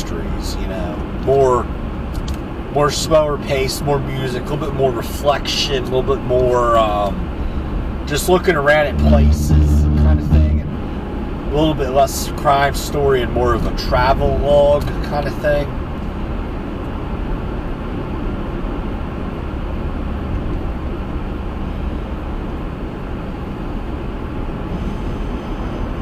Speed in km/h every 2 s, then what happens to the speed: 85, 84, 84, 84, 82, 82, 84, 85, 87, 90, 89, 85, 85.
0-11 steady at about 84. 11-18 speeds up to 90. 18-26 steady at about 85.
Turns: none.